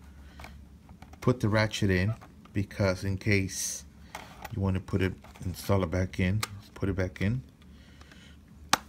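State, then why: Seated. A plastic headband ratchet is pushed back onto the small mounting pegs inside a leather fire helmet while someone talks, with soft handling clicks in the background. At 8.7 s a loud, sharp snap is heard as the ratchet pops onto the pegs and seats.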